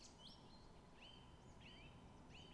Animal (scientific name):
Turdus philomelos